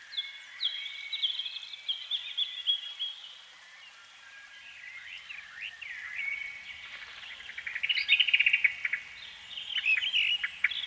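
Canary singing varied phrases: high sweeping whistles and chirps, a quieter stretch, then a dense burst of fast, sparkling trills near the end.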